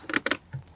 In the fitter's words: and the switch just snaps back into place.